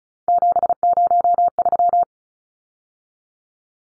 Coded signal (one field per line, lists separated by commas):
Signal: Morse code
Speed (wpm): 34 wpm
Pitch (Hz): 700 Hz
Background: none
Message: 703